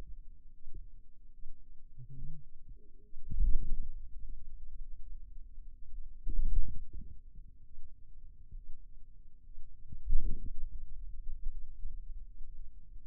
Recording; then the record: forearm muscle sounds (acoustic myography)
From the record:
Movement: radial deviation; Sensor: system 2, bracelet of six BSWA MPA416 microphones around the upper forearm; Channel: 5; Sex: male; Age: 22 years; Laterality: right